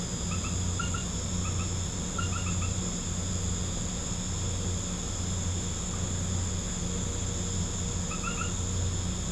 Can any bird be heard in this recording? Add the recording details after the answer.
no. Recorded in pastures near Puerto Asís, Putumayo, Colombia, on 21 December 2024 at 19:00. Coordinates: 0.505, -76.324. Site G063